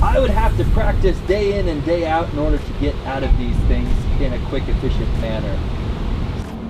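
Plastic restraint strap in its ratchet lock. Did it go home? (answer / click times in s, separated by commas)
no / none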